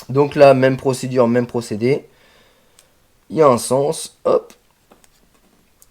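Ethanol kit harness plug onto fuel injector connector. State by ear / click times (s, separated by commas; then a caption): seated / 5.8 s. Someone talks while an electrical plug from an ethanol (E85) flex-fuel kit harness, which only fits one way, is pushed onto a fuel injector connector in the engine bay of a 300 hp Nissan 350Z. After a pause with a few faint ticks, a short sharp click is heard at 5.8 s. The plug is confirmed seated.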